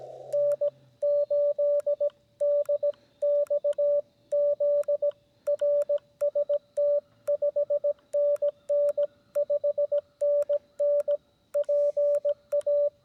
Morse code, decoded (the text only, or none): N8DXZ RST 5NN 5NN PA